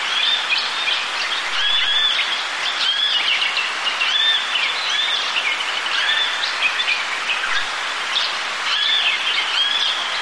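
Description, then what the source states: Birds calling together, busy layered chirps and brief whistles without pause, with gentle steady wind noise. Birds with gentle wind blowing.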